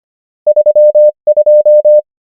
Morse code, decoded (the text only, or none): 3 2